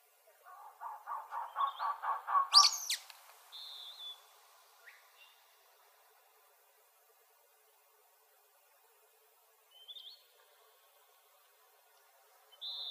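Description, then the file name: Sulphur-bellied flycatcher giving one loud, shrill, sharply rising squeal, preceded by a rapid pulsed rattle and a few brief thin whistles afterward. Arizona, 17 May 2007. "SBFL 3 deviche"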